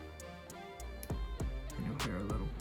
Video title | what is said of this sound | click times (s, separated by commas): How To: Xbox One Controller D-Pad Swap | and you'll hear a little click yeah it looks good | 1.0 s